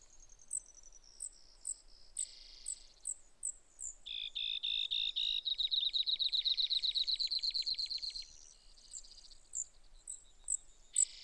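Brewer's sparrow song: a long, fast, buzzy trill framed by sharp high notes repeated about every half second.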